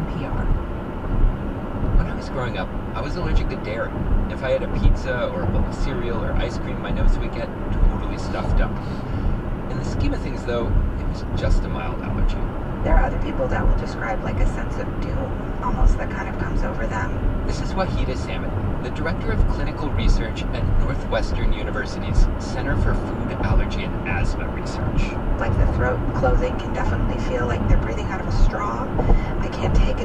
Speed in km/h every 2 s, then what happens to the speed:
90, 87, 87, 87, 85, 87, 89, 89, 92, 95, 93, 92, 93, 95, 95.
0-15 steady at about 87. 15-17 speeds up to 95. 17-30 steady at about 93.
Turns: none.